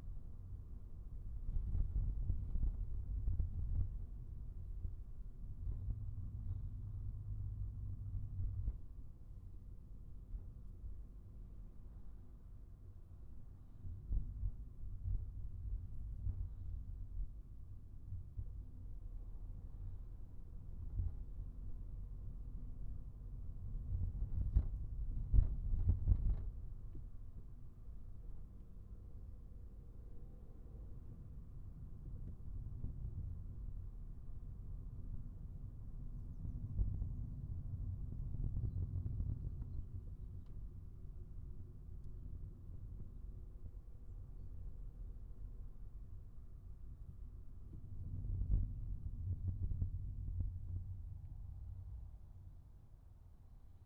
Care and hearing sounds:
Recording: everyday scene through a hearing-aid microphone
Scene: in a vehicle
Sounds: engine, highway traffic jam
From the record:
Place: Skoda Fabia, gasoline engine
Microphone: behind the ear, right, front

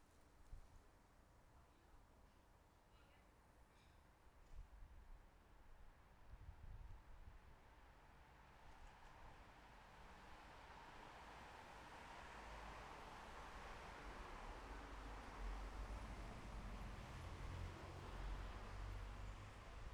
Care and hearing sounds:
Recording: everyday scene through a hearing-aid microphone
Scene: in traffic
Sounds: traffic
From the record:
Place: bus stop on a city main road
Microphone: behind the ear, left, front

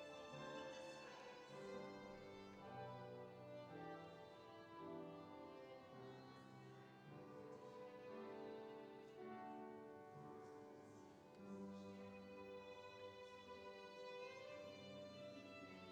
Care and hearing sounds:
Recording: everyday scene through a hearing-aid microphone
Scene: reverberant space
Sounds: music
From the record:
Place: church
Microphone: in the ear canal, left

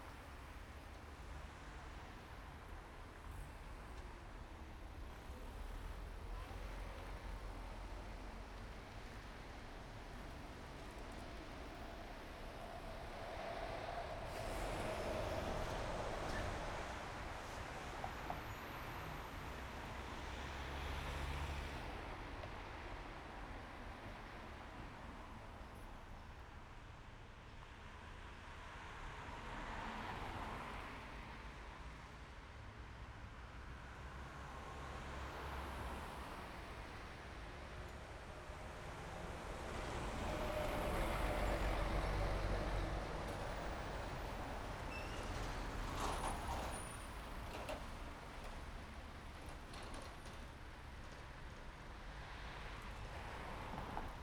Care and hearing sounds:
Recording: everyday scene through a hearing-aid microphone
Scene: in traffic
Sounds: traffic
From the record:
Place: main road on the outskirts, rush hour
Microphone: behind the ear, right, rear

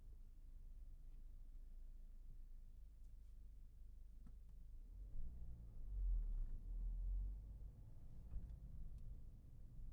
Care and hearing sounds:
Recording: everyday scene through a hearing-aid microphone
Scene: in a vehicle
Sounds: driving off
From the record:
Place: Berlingo II, diesel engine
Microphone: behind the ear, left, front

